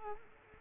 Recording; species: mosquito wingbeat signal from an infrared sensor; Culex quinquefasciatus